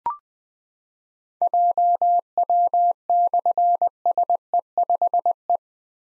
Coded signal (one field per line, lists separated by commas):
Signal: Morse code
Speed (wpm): 20 wpm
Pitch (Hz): 700 Hz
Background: none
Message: JW/SE5E